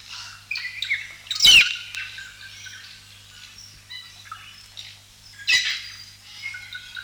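South Island kaka calls: two harsh, loud squawks with scattered thin whistled notes and chatter between them, plus a low steady hum.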